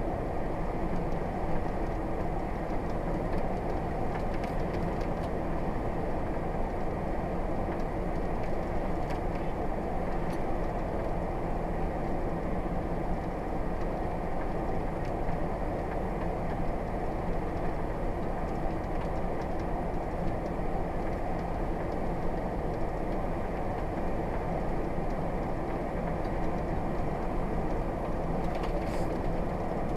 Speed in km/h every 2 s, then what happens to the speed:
61, 61, 61, 60, 60, 60, 60, 61, 60, 60, 60, 61, 63, 63, 63.
0-30 steady at about 61.